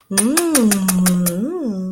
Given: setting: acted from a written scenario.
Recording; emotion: vocal sound without words; romantic love